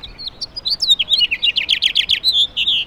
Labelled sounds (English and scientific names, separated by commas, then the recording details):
House Finch (Haemorhous mexicanus) song
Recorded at Oakdale on Long Island, New York, on 18 June 2013
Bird B